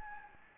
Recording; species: mosquito wingbeat signal from an infrared sensor; Anopheles gambiae